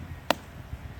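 A hammer strikes an anchor bolt, driving it through a rubber speed breaker into the ground. A single sharp, hard blow rings out at 0.3 s over low background noise, and the bolt is seated with the speed breaker fully fixed to the ground.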